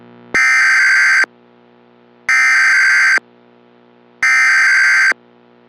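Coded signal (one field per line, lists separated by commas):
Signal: Emergency Alert System (SAME) tones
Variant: header bursts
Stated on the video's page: Fictional EAS scenario, not a real alert.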